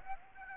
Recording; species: mosquito wingbeat signal from an infrared sensor; Aedes aegypti